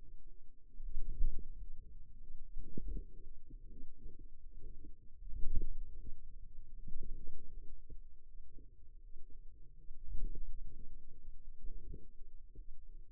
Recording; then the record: forearm muscle sounds (acoustic myography)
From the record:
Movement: ulnar deviation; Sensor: system 2, bracelet of six BSWA MPA416 microphones around the upper forearm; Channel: 2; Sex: female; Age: 23 years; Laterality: right